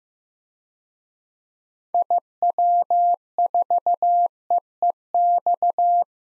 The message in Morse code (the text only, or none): IW4EEX